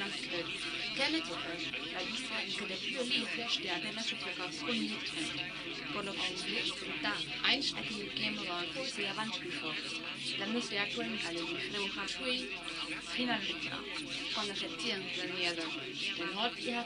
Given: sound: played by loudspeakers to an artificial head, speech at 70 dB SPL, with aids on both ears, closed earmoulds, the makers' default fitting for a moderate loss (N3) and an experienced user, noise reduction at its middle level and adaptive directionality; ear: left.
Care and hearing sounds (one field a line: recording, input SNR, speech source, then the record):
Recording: speech test signal (ISTS) in cocktail-party noise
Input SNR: +3 dB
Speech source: on the right (90 degrees)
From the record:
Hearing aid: class 2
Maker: D